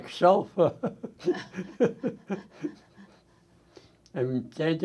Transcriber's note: both laughing